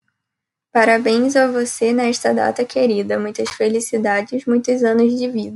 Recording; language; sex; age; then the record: short text; Brazilian Portuguese; female; 20 to 29 years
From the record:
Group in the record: control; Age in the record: 23 years